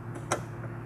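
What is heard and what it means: A xenon D2S HID bulb and its plastic locking cap are fitted into the back of the headlight housing on a VW MK5 GTI or Jetta. Over a low steady hum, a single short, bright click at 0.3 s marks both the bulb and the locking cap seating properly.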